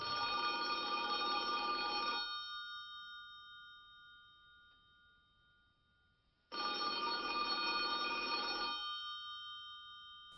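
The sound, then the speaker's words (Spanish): A telephone on a small telephone table rings in two long, loud bursts of about two seconds each, separated by a pause of silence, with a bright, shrill metallic jangle and no voices. “Los dos miraron hacia la mesita del teléfono. El visitante volvió la mirada al otro. Conteste.”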